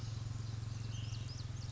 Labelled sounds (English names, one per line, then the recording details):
Ash-throated Flycatcher
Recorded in Sonoma County, California